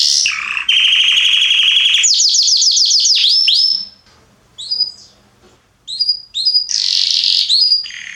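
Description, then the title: Belgian canary delivering a loud buzzy roll and a fast volley of falling notes, then a pause broken by scattered short whistled phrases. Male Belgian canary named Salsa singing very strongly and a lot; used to warm up young birds. "Esquente Seu Filhote E Canario Belga Em 30 Minutos Macho Cantando Muito. Canrio Belga Salsa cantando muito forte"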